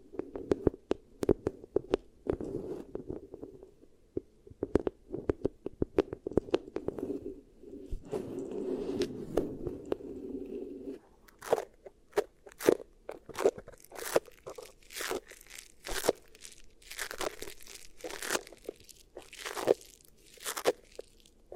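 Beeswax ear triggers: soft crinkling and sticky crunching with rapid clicks and crackles. The first half has a denser, muffled rubbing texture; after about eleven seconds it turns into sharper, brighter crackling bursts that come in irregular clusters every second or so.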